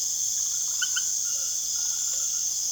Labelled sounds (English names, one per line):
none